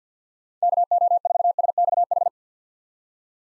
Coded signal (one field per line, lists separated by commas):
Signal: Morse code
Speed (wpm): 45 wpm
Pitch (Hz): 700 Hz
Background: none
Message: KO4SXH